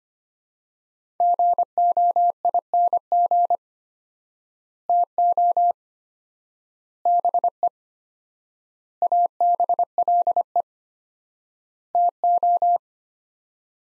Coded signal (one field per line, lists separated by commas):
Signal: Morse code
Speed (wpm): 25 wpm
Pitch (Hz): 700 Hz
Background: none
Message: GOING TO BE ABLE TO